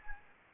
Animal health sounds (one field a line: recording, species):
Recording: mosquito wingbeat signal from an infrared sensor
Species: Anopheles gambiae